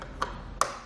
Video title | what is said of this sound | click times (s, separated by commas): etrailer - How to Install the Thule WingBar Evo Roof Rack for Naked Roofs on a 2014 Jeep Patriot | we can just replace our covers simply clip in place | 0.6 s